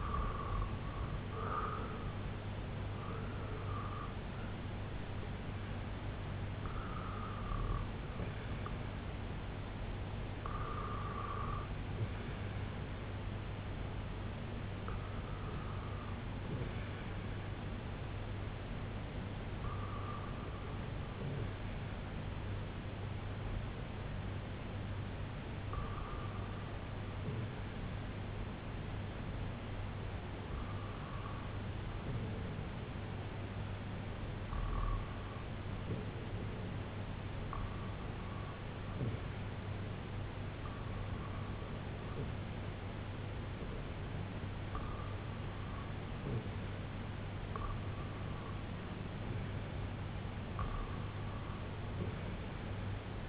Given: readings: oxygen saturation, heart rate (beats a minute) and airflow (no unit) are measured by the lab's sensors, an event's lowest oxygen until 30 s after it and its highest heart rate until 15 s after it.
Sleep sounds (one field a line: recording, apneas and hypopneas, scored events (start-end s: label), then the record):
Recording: breathing in sleep by a voice recorder at the bedside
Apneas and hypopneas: none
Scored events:
none scored
From the record:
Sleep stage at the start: REM sleep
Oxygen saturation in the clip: 96 to 97%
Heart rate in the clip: 71 to 89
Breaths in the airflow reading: 13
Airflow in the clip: -7.2 to 3.9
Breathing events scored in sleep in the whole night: 258 in 7.4 hours asleep